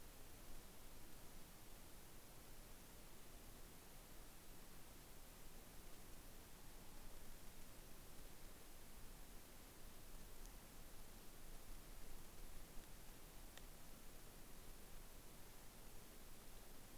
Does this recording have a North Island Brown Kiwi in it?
no